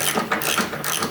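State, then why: Stripped. A ratchet is turned on a stripped metal bolt in a snow blower housing, and the bolt spins without coming loose because its threads are stripped on the back side. Steady ratcheting clicks run throughout, with a sharp click at 0.3 s that is likely the ratchet pawl slipping. The bolt stays stuck and will have to be cut off.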